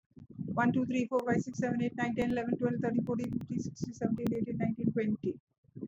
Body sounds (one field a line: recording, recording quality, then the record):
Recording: counting at a fast pace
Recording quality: excellent, no background noise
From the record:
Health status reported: respiratory illness, not identified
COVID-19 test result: not tested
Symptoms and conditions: asthma, hypertension, diabetes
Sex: female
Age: 56 years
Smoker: not ticked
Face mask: not worn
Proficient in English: yes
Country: India